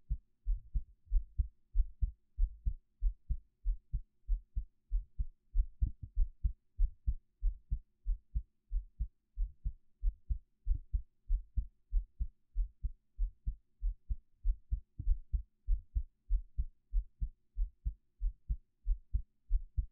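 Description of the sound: Steady, regular low heartbeat thumps repeat throughout, recorded close up with a 3Dio binaural microphone, with no talking.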